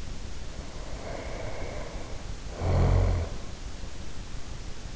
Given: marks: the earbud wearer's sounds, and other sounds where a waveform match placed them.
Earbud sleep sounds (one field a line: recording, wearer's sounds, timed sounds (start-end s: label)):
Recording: sounds in sleep by an in-ear microphone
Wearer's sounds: snoring breath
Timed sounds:
0.25-3.54 s: snoring breath